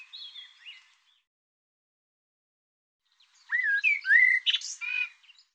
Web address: cianscape birddata Deverinetal 2025 Bird Tu Me Tu Me